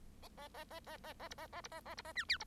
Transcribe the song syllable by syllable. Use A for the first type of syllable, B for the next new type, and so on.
A A A A A A B A A B A A B A C D B